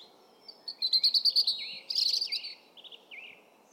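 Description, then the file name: European robin delivering a quick silvery trill of repeated notes, followed by a jumbled high burst and a few slurred whistles. "Erithacus rubecula"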